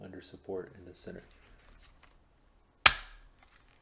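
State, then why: Seated. Someone talks while a plastic support is centered under the red LCD circuit board of a Prusa i3 MK3 printer. One final push makes the support's little tab snap over the board with a sharp click at 2.9 s, followed by a couple of faint ticks. The tab is seated and the supports are locked into place.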